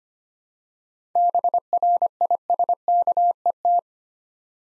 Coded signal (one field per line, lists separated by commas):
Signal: Morse code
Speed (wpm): 25 wpm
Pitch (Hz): 700 Hz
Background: none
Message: BRISKET